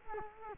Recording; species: mosquito wingbeat signal from an infrared sensor; Culex quinquefasciatus